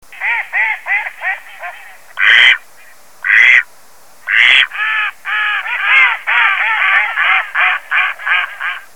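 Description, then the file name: Duck quacking, a run of harsh nasal quacks with a few louder, broader calls in the middle. "kaczka"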